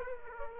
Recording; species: mosquito wingbeat signal from an infrared sensor; Aedes aegypti